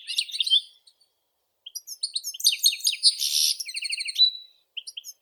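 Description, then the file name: European goldfinch singing: tinkling twitters, then a dense phrase with a short buzzy burst and rapid trilled notes, ending in scattered chirps. "Golosa ptic - CSHegol Carduelis carduelis"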